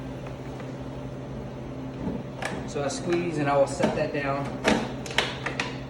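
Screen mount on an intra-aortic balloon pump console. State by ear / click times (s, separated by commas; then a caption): seated / 5.2 s, 5.6 s. Someone talks while squeezing the two lock handles on the screen mount of an intra-aortic balloon pump console, setting the screen down and letting go of the handles. Sharp clicks are heard at 5.2 s and 5.6 s as the mount locks into place.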